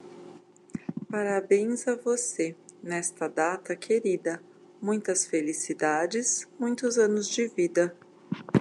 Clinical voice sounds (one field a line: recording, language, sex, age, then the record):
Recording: short text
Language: Brazilian Portuguese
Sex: female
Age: 40 to 49 years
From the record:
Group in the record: control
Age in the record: 42 years